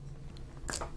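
The nib and plastic feed of a fountain pen are pulled out of the pen's grip section. After a few faint, soft handling ticks, a crisp, bright pop at 0.8 s marks them coming out easily, and the nib and feed are released.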